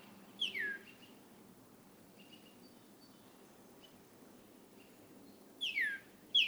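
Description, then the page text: Northern cardinal whistles: a loud downslurred note, then faint scattered notes, then two more strong downslurred whistles near the end. Male leaving his night roost at dawn and beginning his day, in a crabapple tree in a yard in Hatfield, Massachusetts; recorded over 13 mornings, late April–early May 2018. "For 13 mornings during late April and early May 2018, I recorded how a male northern cardinal left the night roost and began his day"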